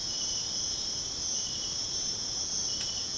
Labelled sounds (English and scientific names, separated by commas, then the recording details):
none
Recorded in pastures near Puerto Asís, Putumayo, Colombia, on 29 June 2025 at 05:00
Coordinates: 0.496, -76.326
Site GP01